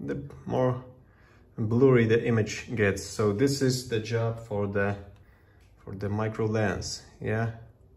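A magnetic micro lens adapter is handled near the front of a small Xinfrared InfiRay P2 Pro smartphone thermal camera while someone talks. Nothing has seated or clicked yet; the clip ends before the lens snaps on.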